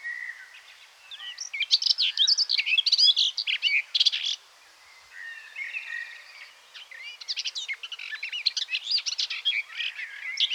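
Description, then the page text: Garden warbler singing in sustained, hurried bursts of sweet warbled notes and short trills, two long phrases separated by a brief lull, with faint background hiss. "Garden Warbler Song. Quick Sounds"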